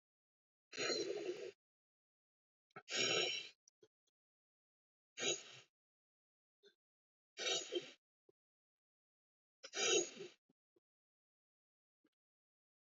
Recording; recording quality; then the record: deep breathing; excellent, no background noise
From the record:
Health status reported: respiratory illness, not identified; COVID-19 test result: negative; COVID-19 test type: RT-PCR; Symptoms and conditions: cold, sore throat, fatigue, asthma, another condition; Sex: male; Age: 25 years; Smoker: no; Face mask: not worn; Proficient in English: yes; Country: India